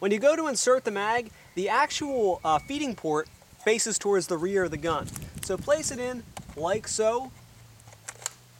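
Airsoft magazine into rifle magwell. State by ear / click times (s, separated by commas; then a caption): seated / 8.3 s. Someone talks while a plastic/metal airsoft AEG magazine is inserted, feed port facing the rear, into the magwell of a JG T3 SAS-G, a G3-style airsoft replica. Faint taps at 7.8 s and 8.1 s lead into a sharp click at 8.3 s. The magazine is seated and locked in.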